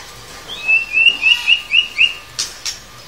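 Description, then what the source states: Lovebird chirping: a run of six short, clear, high chirps at a steady quick pace, about four per second, followed by two sharp clicks. Cage-bird training recording (masteran) of 'paud' lovebird song.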